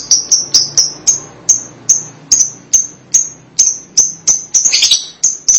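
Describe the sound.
Lovebird calls: steady, rapid high-pitched chirps, with a brief harsher squeak near the end.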